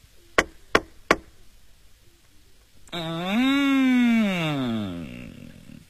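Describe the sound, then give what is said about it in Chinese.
Three sharp, evenly spaced knocks on a door ring out in quick succession, made at dawn by a fish demon disguised as an old squire and heard by Sun Wukong. After a short pause comes a long, loud, drawn-out voice-like tone that rises and then slowly falls. “孙悟空见东方发白，正要去寻找金柜，忽听有人叩门。”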